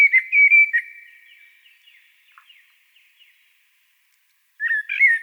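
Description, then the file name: Common blackbird: fluty whistled notes at the start fade into faint trailing notes. After a quiet gap, a new warbled phrase starts. "Turdus merula"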